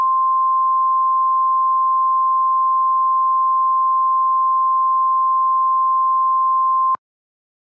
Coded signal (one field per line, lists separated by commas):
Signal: Emergency Alert System (SAME) tones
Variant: 1050 Hz attention tone